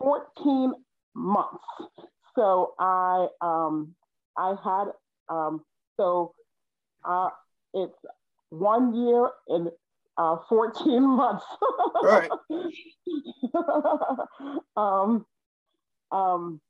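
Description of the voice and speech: An adult woman with aphasia after a stroke, with bleeding in both hemispheres, more on the left, speaks in short, halting bursts separated by long pauses and repeated 'um' fillers. She restarts the phrase 'fourteen months' and says 'one year and fourteen months.' These word-finding pauses and word errors fit non-fluent aphasia, which is improving. Brief overlapping talk is heard midway.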